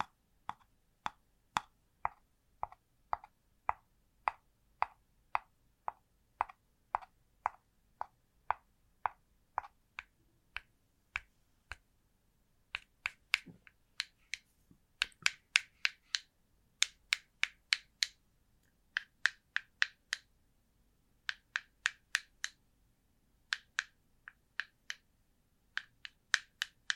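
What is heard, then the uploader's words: Sharp, dry tapping, steady at about two taps per second for the first half. After about 15 seconds it quickens into brighter, uneven bursts of rapid taps with short pauses. A faint low hum sits underneath throughout. Une session ASMR basée sur le Tapping.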